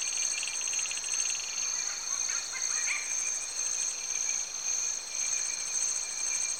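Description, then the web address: Insects call in dense, high ringing trills and rapid pulses, with some brief mid-pitched chirping notes breaking through in the middle. Recorded in Cameroon, Africa. "BBC Sound Effects Library - Africa - Natural World Cameroun, Turaco Birds, Insects"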